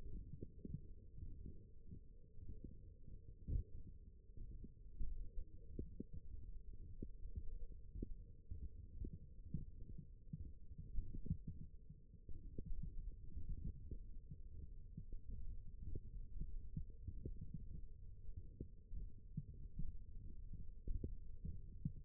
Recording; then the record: forearm muscle sounds (acoustic myography)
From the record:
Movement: thumb flexion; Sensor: system 1, eight BSWA MPA416 microphones around the upper forearm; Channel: 3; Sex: female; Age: 21 years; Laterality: right